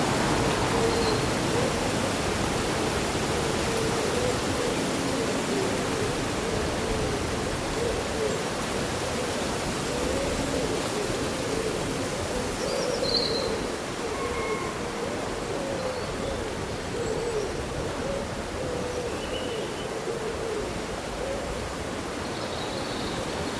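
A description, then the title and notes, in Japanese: On a breezy summer day, leaves rustle in a steady, dense wash that holds an even level for the whole stretch. Brief, thin bird chirps break through now and then, high and scattered, a few around the middle and near the end. そよ風の吹く夏の日、ざわめく葉と鳥のさえずり。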